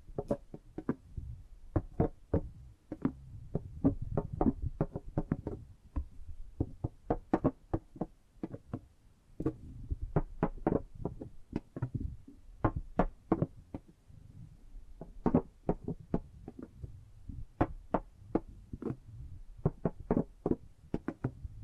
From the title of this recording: Tapping and Gripping Sounds